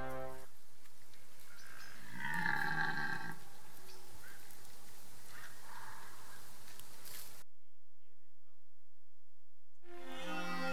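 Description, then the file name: Red deer giving a hoarse, low roar over steady background noise, then a silent gap and a brief return of sound at the end. Rutting bellow, called brame, of a stag. "BRAME DU CERF"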